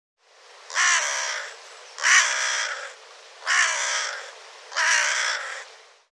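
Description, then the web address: Bird giving four rough, drawn-out caws a little over a second apart. "cianscape birddata Deverinetal 2025"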